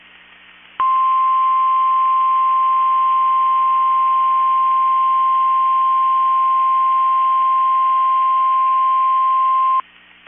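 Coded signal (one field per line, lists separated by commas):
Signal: Emergency Alert System (SAME) tones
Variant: 1050 Hz attention tone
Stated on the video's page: Weekly test on a NOAA Weather Radio station.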